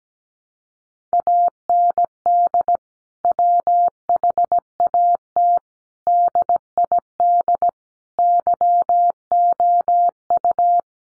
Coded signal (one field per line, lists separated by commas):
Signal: Morse code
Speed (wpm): 17 wpm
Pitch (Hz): 700 Hz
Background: none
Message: AND WHAT DID YOU